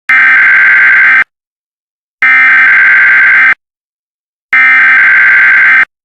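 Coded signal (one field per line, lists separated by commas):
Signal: Emergency Alert System (SAME) tones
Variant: header bursts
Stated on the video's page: Comic-relief parody of an angry EAS alert.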